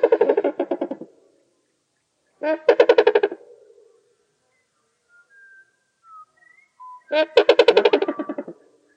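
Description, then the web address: Sandhill crane calling: three bursts of loud rolling, rattling bugles, with faint whistled notes in the quiet gap between the second and third bursts. Recorded at Emiquon, Illinois. "emiquon virtual tour. sandhill crane"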